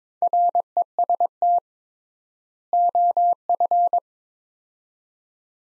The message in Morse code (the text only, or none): REST OF